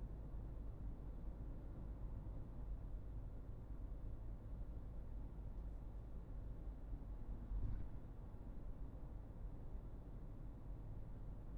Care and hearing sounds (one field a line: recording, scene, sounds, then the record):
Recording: everyday scene through a hearing-aid microphone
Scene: in a vehicle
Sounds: engine, highway driving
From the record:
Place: Berlingo II, diesel engine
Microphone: behind the ear, right, front